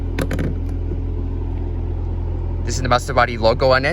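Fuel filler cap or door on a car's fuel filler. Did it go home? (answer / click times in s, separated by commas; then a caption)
yes / 0.2 s, 0.3 s, 0.4 s. The fuel filler cap or fuel door on a 2015 Maserati Ghibli is closed and locks in place on the car body, giving three quick sharp clicks at 0.2, 0.3 and 0.4 seconds. A steady low rumble runs throughout, and someone talks near the end.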